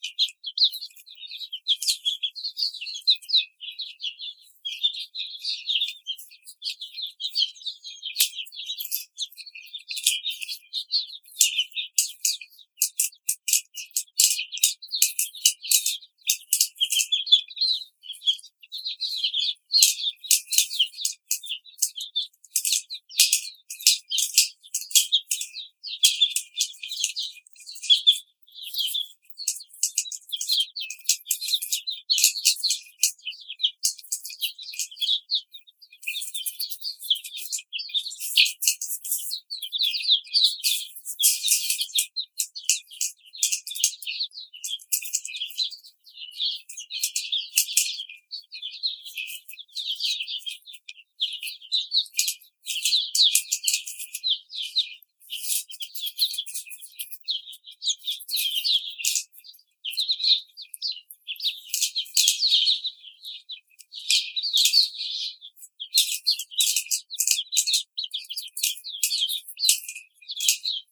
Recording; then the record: young laying hens in a cage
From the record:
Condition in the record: treatment cage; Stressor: simulated dog barking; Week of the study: 5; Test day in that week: 1